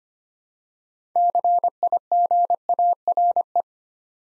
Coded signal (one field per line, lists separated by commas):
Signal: Morse code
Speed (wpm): 25 wpm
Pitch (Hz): 700 Hz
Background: none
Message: CIGARE